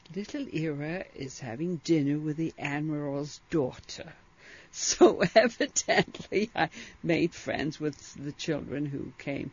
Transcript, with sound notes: "Little Ira is having dinner with the admiral's daughter." ( she laughs ) So evidently I made friends with the children who came.